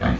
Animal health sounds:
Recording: pig call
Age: growing-finishing pig (85 days or more)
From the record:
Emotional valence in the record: negative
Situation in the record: barren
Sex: female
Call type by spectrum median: low-frequency call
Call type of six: low-frequency stable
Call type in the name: low-frequency stable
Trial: 3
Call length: 0.20 s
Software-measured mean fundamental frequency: 52 Hz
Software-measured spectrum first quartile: 155 Hz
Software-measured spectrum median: 358 Hz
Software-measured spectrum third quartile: 1069 Hz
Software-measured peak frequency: 99 Hz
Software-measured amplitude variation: 142 dB a second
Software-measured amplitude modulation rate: 22.8 a second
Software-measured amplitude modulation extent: 6.3 dB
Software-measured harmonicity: -1.9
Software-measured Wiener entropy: -1.45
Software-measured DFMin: 488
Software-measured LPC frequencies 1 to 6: 1625, 3268, 6322, 8217, 8909, 10540 Hz

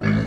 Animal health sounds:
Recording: pig call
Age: growing-finishing pig (85 days or more)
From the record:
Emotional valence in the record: negative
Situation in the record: barren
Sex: male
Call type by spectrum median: low-frequency call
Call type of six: low-frequency stable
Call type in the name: low-frequency stable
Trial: 2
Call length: 0.27 s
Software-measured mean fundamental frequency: 53 Hz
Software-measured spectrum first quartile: 172 Hz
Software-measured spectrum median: 293 Hz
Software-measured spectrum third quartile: 1171 Hz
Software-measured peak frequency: 219 Hz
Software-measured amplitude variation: 159 dB a second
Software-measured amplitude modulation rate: 36.8 a second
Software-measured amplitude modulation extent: 4.3 dB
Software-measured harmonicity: 0.6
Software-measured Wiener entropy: -2.14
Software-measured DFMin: 1067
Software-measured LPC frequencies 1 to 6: 1634, 2224, 3101, 3982, 4491, 5769 Hz

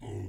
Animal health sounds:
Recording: pig call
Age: weaner (32 to 43 days)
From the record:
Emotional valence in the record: positive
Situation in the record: positive conditioning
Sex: female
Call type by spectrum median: low-frequency call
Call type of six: low-frequency stable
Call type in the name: low-frequency stable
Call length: 0.28 s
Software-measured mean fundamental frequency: 51 Hz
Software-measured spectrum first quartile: 100 Hz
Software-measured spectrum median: 205 Hz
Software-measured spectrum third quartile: 458 Hz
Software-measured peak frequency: 104 Hz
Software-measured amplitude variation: 75 dB a second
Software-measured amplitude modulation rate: 30.0 a second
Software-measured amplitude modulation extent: 2.5 dB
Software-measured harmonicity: -6.1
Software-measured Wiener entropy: -0.16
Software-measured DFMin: 883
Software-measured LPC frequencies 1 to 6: 313, 773, 2010, 2884, 5088, 6006 Hz

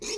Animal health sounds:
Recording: pig call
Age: weaner (32 to 43 days)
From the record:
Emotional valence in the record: negative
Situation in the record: novel object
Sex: female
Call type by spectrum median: high-frequency call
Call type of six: high-frequency stable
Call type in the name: high-frequency stable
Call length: 0.18 s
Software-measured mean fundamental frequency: 313 Hz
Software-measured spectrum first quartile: 673 Hz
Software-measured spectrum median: 3100 Hz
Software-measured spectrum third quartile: 5831 Hz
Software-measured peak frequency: 425 Hz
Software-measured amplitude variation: 65 dB a second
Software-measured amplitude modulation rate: 19.7 a second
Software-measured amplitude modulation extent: 3.3 dB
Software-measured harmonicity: 4.5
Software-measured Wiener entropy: -2.20

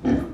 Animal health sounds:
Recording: pig call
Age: growing-finishing pig (85 days or more)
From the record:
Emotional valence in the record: negative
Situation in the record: barren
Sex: female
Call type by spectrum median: low-frequency call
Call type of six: low-frequency stable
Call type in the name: low-frequency stable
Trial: 1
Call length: 0.34 s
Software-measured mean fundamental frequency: 42 Hz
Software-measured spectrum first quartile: 222 Hz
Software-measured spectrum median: 287 Hz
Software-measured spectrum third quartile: 448 Hz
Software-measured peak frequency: 258 Hz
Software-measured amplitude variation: 191 dB a second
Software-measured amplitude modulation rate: 16.2 a second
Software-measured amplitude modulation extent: 11.8 dB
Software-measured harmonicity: 4.2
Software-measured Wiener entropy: -0.65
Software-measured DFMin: 670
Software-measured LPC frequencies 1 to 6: 303, 1712, 3145, 3901, 4490, 5867 Hz

